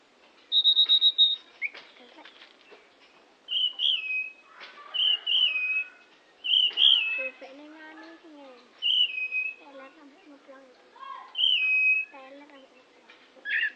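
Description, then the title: Oriental magpie-robin song: clear whistled phrases, often a high note dropping to a lower one, repeated with short gaps, with quieter mixed chirps between. "Kicau Kacer"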